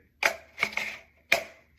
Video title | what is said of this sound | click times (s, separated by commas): Review Slopehill Hair Dryer, 1800W Professional Ionic Hairdryer for Hair Care, 3 Magnetic Attachment | So you hear snaps. | 0.3 s, 0.6 s, 0.8 s, 1.3 s